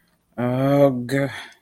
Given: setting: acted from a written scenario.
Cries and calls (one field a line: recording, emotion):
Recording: vocal sound without words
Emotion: anger